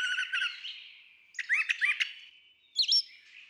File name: Brown Thrasher